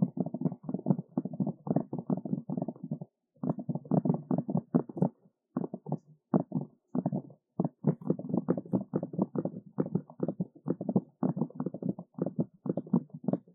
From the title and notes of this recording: 快速耳朵敲擊 | EAR Fast Tapping for Tingles | NoTalking.